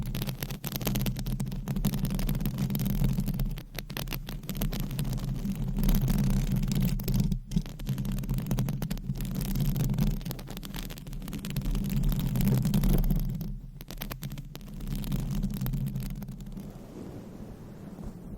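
Nails scratch continuously across a microphone cover, a dense, rustling crackle that runs almost without pause, with a steady low rumbling hum underneath. Brief breaks come around 4, 7 and 13 seconds, and the scratching thins out and grows quieter over the last few seconds.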